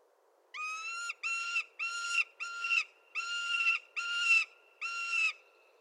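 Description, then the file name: Prairie falcon calling in a series of seven harsh, nasal notes, each steady in pitch and grating, with faint background hiss. "Prairie Falcon - Falco mexicanus"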